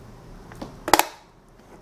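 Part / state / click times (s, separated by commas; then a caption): DDR4 RAM module into motherboard DIMM slot / seated / 0.9 s, 1.0 s. A Patriot Signature DDR4 8GB 3200 MHz 288-pin memory stick is pressed down from both ends into a desktop PC motherboard DIMM slot. Its plastic retention bracket snaps closed with two sharp clicks at 0.9 s and 1.0 s, after a few fainter taps. The bracket has clicked in place and the memory is installed.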